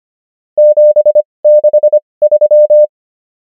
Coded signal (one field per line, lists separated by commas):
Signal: Morse code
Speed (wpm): 25 wpm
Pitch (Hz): 600 Hz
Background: none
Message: 763